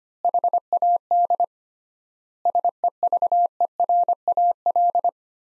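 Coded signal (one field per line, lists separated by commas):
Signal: Morse code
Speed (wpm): 25 wpm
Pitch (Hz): 700 Hz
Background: none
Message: HAD SEVERAL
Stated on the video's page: Morse practice sentences built from the 400 most common words at 25 wpm with 3x standard word spacing, a word-level analogue of Farnsworth spacing.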